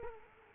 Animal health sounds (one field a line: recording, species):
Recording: mosquito wingbeat signal from an infrared sensor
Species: Culex quinquefasciatus